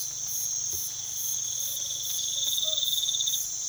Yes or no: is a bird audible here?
yes